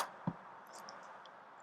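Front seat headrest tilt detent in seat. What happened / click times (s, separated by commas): An adjustable part steps forward into ratchet detents / 0.3 s, 0.9 s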